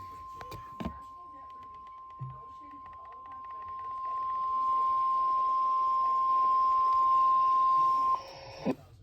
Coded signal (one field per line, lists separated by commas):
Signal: Emergency Alert System (SAME) tones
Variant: 1050 Hz attention tone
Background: speech